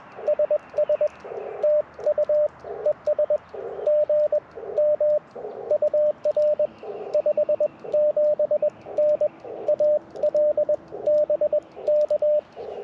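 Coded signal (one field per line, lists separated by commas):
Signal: Morse code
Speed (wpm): 20 wpm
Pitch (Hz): 590 Hz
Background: radio noise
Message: SS TU ES GM UR 57N AL BK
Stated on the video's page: QRP CW Parks on the Air activation on 40m and 20m, using an Icom IC-705, Alex Loop antenna and Modern Morse Nameless key.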